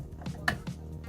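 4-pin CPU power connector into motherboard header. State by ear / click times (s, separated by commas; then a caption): seated / 0.5 s. The 4-pin half of an 8-pin EPS CPU power cable is pushed into a motherboard's CPU power header; only one of the two 4-pin halves clips in, as this board needs just one. After a few soft taps of handling, the plastic latch clips in with a sharp, loud click at 0.5 s, and the connector is seated.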